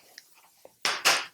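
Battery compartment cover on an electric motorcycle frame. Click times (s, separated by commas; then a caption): 0.9 s. The battery compartment cover on an electric motorcycle frame is slammed closed over the battery. After a few faint ticks, a loud, broadband bang at 0.9 s shows the cover latching, followed by a second burst of noise. The cover is seated and locked, holding the battery in place.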